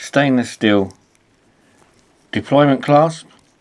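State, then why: Not seated. Someone talks about the stainless steel deployment clasp on the satin-finish bracelet of a used Accurist Model 7051 watch. Between the speech there are only faint, brief handling sounds. The clasp has not been pushed together yet, and nothing has locked or clicked by the end of the clip.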